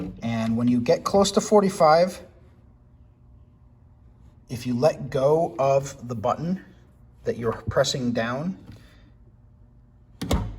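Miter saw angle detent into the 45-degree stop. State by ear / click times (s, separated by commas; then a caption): seated / 10.2 s, 10.3 s. A man talks while a miter saw table is swung toward 45 degrees with the detent button released. The angle detent drops into place at the 45-degree stop with sharp clicks at 10.2 s and 10.3 s, seating the saw at 45 degrees.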